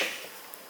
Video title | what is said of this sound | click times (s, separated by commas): Medicom Toys RAH GENESIS 781 Kamen Rider Zi-O 仮面ライダージオウ Full Unboxing Light Up Over Quartz Henshin | so basically you have to push it really deep one time then you'll click in place | 0.5 s